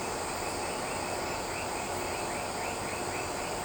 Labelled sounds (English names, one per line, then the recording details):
none
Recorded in shrubland near Pivijay, Magdalena, Colombia, on 15 April 2023 at 19:00
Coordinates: 10.453, -74.365
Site P5-G022